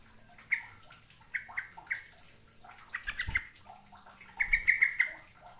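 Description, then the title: Bird giving scattered short chirps and a final run of rapid notes, with soft clicking and low background hum. "Kicau Burung"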